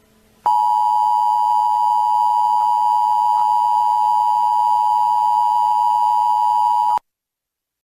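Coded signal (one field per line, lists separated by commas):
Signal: Emergency Alert System (SAME) tones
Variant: 853 and 960 Hz attention tone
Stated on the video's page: Fictional EAS alarm interrupting television.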